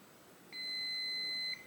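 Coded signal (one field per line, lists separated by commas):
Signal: beep code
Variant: Kwikset SmartCode door lock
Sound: one long steady high beep lasting about one second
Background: quiet room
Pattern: 1 long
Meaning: Long beep signals release of the program button to continue factory reset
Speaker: Okay, once you hear that long beep, release it. Now press it once more. Okay, the reset is complete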